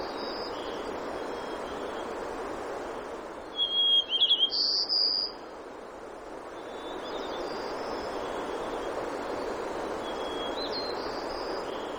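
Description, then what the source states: White-crowned sparrow sings one clear song, with fainter, similar phrases before and after over a steady rushing hiss. Denali, Alaska; 3 June 2012, 02:09.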